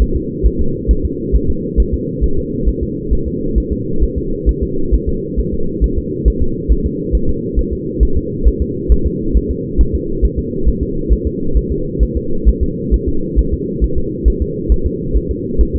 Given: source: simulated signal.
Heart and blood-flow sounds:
fetal heart sounds
0.02 s: S1
0.16 s: S2
0.47 s: S1
0.61 s: S2
0.91 s: S1
1.05 s: S2
1.36 s: S1
1.50 s: S2
1.80 s: S1
1.94 s: S2
2.24 s: S1
2.39 s: S2
2.69 s: S1
2.83 s: S2
3.13 s: S1
3.28 s: S2
3.58 s: S1
3.72 s: S2
4.03 s: S1
4.18 s: S2
4.49 s: S1
4.63 s: S2
4.94 s: S1
5.09 s: S2
5.39 s: S1
5.54 s: S2
5.84 s: S1
5.98 s: S2
6.28 s: S1
6.42 s: S2
6.72 s: S1
6.86 s: S2
7.15 s: S1
7.29 s: S2
7.59 s: S1
7.73 s: S2
8.03 s: S1
8.17 s: S2
8.48 s: S1
8.62 s: S2
8.92 s: S1
9.07 s: S2
9.37 s: S1
9.51 s: S2
9.81 s: S1
9.95 s: S2
10.25 s: S1
10.39 s: S2
10.68 s: S1
10.83 s: S2
11.13 s: S1
11.27 s: S2
11.57 s: S1
11.72 s: S2
12.03 s: S1
12.17 s: S2
12.48 s: S1
12.63 s: S2
12.94 s: S1
13.08 s: S2
13.39 s: S1
13.54 s: S2
13.84 s: S1
13.98 s: S2
14.28 s: S1
14.42 s: S2
14.72 s: S1
14.86 s: S2
15.16 s: S1
15.31 s: S2
15.61 s: S1
15.76 s: S2
From the record:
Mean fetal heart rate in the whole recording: 135 bpm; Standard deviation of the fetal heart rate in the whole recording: 3 bpm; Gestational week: 34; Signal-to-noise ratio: -8.1 dB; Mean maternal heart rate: 72 bpm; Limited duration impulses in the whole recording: absent

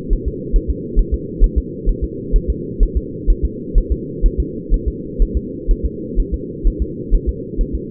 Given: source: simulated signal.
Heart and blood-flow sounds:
fetal heart sounds
0.13 s: S1
0.28 s: S2
0.56 s: S1
0.70 s: S2
0.99 s: S1
1.14 s: S2
1.44 s: S1
1.58 s: S2
1.89 s: S1
2.04 s: S2
2.36 s: S1
2.50 s: S2
2.83 s: S1
2.97 s: S2
3.30 s: S1
3.45 s: S2
3.78 s: S1
3.92 s: S2
4.26 s: S1
4.40 s: S2
4.74 s: S1
4.88 s: S2
5.22 s: S1
5.37 s: S2
5.71 s: S1
5.85 s: S2
6.20 s: S1
6.34 s: S2
6.67 s: S1
6.82 s: S2
7.15 s: S1
7.29 s: S2
7.61 s: S1
7.75 s: S2
From the record:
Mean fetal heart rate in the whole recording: 130 bpm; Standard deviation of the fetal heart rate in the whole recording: 4 bpm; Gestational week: 38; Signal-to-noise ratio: -4.1 dB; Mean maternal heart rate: no maternal heart sound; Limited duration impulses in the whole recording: absent

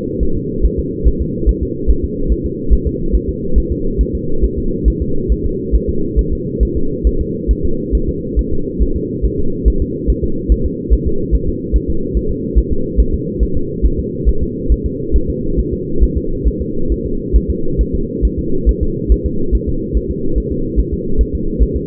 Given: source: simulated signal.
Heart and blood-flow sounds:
fetal heart sounds
0.23 s: S1
0.37 s: S2
0.65 s: S1
0.79 s: S2
1.07 s: S1
1.22 s: S2
1.49 s: S1
1.63 s: S2
1.90 s: S1
2.04 s: S2
2.32 s: S1
2.46 s: S2
2.73 s: S1
2.87 s: S2
3.15 s: S1
3.29 s: S2
3.58 s: S1
3.72 s: S2
4.01 s: S1
4.15 s: S2
4.44 s: S1
4.58 s: S2
4.88 s: S1
5.02 s: S2
5.32 s: S1
5.46 s: S2
5.75 s: S1
5.89 s: S2
6.19 s: S1
6.33 s: S2
6.63 s: S1
6.77 s: S2
7.07 s: S1
7.21 s: S2
7.51 s: S1
7.65 s: S2
7.95 s: S1
8.09 s: S2
8.39 s: S1
8.53 s: S2
8.82 s: S1
8.96 s: S2
9.25 s: S1
9.40 s: S2
9.68 s: S1
9.82 s: S2
10.10 s: S1
10.24 s: S2
10.52 s: S1
10.66 s: S2
10.93 s: S1
11.08 s: S2
11.35 s: S1
11.49 s: S2
11.76 s: S1
11.90 s: S2
12.17 s: S1
12.31 s: S2
12.59 s: S1
12.72 s: S2
13.00 s: S1
13.14 s: S2
13.43 s: S1
13.57 s: S2
13.85 s: S1
13.99 s: S2
14.29 s: S1
14.43 s: S2
14.72 s: S1
14.86 s: S2
15.16 s: S1
15.30 s: S2
15.59 s: S1
15.73 s: S2
16.03 s: S1
16.17 s: S2
16.48 s: S1
16.61 s: S2
16.92 s: S1
17.06 s: S2
17.36 s: S1
17.50 s: S2
17.81 s: S1
17.95 s: S2
18.25 s: S1
18.39 s: S2
18.69 s: S1
18.83 s: S2
19.12 s: S1
19.26 s: S2
19.55 s: S1
19.69 s: S2
19.97 s: S1
20.11 s: S2
20.38 s: S1
20.52 s: S2
20.79 s: S1
20.93 s: S2
21.21 s: S1
21.35 s: S2
21.62 s: S1
21.77 s: S2
From the record:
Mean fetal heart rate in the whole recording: 140 bpm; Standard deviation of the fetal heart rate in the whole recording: 2 bpm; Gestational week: 34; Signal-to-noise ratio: -8.1 dB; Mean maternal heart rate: 72 bpm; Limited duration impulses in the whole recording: absent

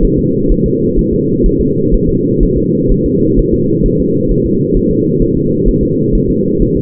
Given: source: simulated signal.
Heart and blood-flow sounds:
fetal heart sounds
0.05 s: S1
0.19 s: S2
0.52 s: S1
0.66 s: S2
0.99 s: S1
1.13 s: S2
1.46 s: S1
1.61 s: S2
1.94 s: S1
2.09 s: S2
2.43 s: S1
2.57 s: S2
2.92 s: S1
3.06 s: S2
3.39 s: S1
3.54 s: S2
3.86 s: S1
4.00 s: S2
4.31 s: S1
4.46 s: S2
4.77 s: S1
4.91 s: S2
5.22 s: S1
5.37 s: S2
5.68 s: S1
5.83 s: S2
6.15 s: S1
6.30 s: S2
6.62 s: S1
6.77 s: S2
From the record:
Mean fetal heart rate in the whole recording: 130 bpm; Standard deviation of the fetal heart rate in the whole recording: 4 bpm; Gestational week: 38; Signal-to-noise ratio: -11.2 dB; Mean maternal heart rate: 72 bpm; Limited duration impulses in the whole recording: present

